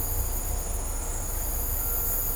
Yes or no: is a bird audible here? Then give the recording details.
yes. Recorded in dense forest near Puerto Asís, Putumayo, Colombia, on 20 December 2024 at 16:30. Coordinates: 0.503, -76.323. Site G043